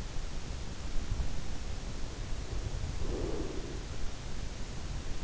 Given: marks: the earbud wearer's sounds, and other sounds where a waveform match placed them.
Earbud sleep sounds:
sounds in sleep by an in-ear microphone; breath
2.97-3.87 s: breath

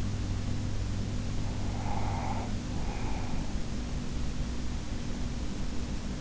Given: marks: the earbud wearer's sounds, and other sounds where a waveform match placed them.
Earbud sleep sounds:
sounds in sleep by an in-ear microphone; breath
1.53-4.02 s: breath

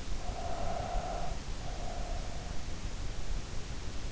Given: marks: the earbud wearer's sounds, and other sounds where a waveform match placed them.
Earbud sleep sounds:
sounds in sleep by an in-ear microphone; breath
0.29-3.07 s: breath

